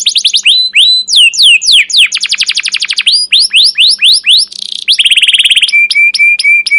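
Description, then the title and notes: Canary song, loud and continuous: varied fast chirp series, some sweeping down and some rising, a buzzy trill, then evenly spaced high whistled notes. Long, energetic chirping song of a captive canary, used as a lure and tutor recording for training canaries. "CUIT CUIT NGEROL LANGSUNG GACOR PANJANG Kenari. Kenari GACOR PANJANG Cuit CUIT EMOSI. burung kenari"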